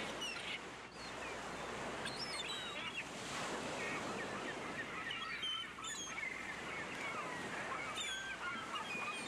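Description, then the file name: Gull calls, several harsh, harmonic cries scattered throughout at varying pitches, over a constant roar of surf and wind. "Gaivota Sons"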